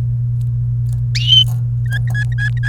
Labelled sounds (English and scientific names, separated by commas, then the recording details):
Domestic Canary (Serinus canaria) song
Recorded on 29 April 2018 at 11:40
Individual llb3